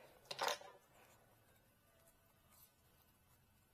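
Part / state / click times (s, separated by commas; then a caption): battery lead pin into connector housing / seated / 0.3 s. A flat screwdriver pushes the second metal pin of a battery lead into a plastic EC5 connector housing, part of swapping the lead from a Traxxas connector to EC5. A sharp click sounds at 0.3 s, followed by a brief bright scraping burst and then quiet. The pin is seated in the housing.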